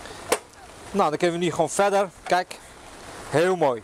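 The miter angle lock lever on a Milwaukee M18 FMS254-0 18V battery-powered crosscut/miter saw, set to 22.5 degrees, is pressed down and snaps into place with a sharp, short click at 0.3 s. The lever is then locked in place, and someone talks afterward.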